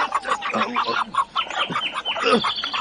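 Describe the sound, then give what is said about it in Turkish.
A person imitates a chicken with a rapid, continuous string of choppy, nasal clucks and squawks, fairly loud and uneven in pitch, rising to a shriller burst near the end. “Tavuk muyum ben be?”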